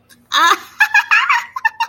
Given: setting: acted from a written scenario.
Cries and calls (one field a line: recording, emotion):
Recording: vocal sound without words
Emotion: elation